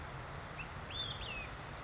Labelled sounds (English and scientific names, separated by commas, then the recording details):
Olive-sided Flycatcher (Contopus cooperi)
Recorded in Sonoma County, California